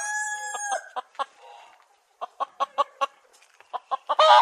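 Chicken calls: a drawn-out harmonic squawk, then a series of short clucks, ending with a loud harsh squawk.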